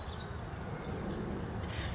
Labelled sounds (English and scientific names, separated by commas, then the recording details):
Western Flycatcher (Empidonax difficilis)
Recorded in Sonoma County, California